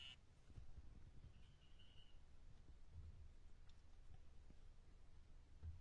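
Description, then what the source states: Dyeing poison dart frog giving a faint buzzing trill under a second long, after a brief cut-off one at the very start, with soft low rumbling and scattered ticks around it. Dendrobates tinctorius calling, recorded at Tumucumaque.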